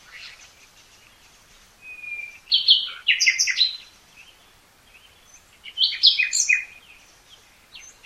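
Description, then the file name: Common nightingale singing: a long level whistle, then a burst of varied chirps and rattles, a pause, and a second rich, jumbled phrase of sharp notes. "Luscinia megarhynchos"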